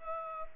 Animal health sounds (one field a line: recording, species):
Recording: mosquito wingbeat signal from an infrared sensor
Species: Culex pipiens